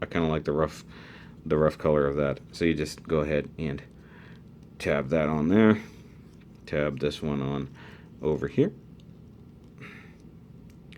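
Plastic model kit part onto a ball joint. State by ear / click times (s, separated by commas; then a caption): seated / 10.9 s. A painted plastic part of an SD Gundam model kit is tapped onto its ball joint while someone talks. The part seats with a weak, much less satisfying click at 10.9 s than the one before.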